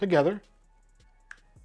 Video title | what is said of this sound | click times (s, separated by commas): How to install an SSD - Step By Step Setup Guide and Windows 11 Install | and we hear a little clicking sound | 1.3 s